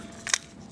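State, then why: Not seated. A Ruger LCP magazine is pushed into the magazine well of a Smith & Wesson BG380 Bodyguard .380 ACP pocket pistol, sliding in past the catch. One short, sharp sound peaks at about 0.3 s against a quiet background. The magazine has not locked in and nothing has latched.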